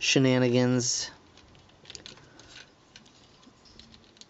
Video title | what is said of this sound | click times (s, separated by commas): TRANSFORMERS POWER OF THE PRIMES JAZZ REVIEW | hopefully lock into place oh yeah okay I was totally missing these two pegs because | none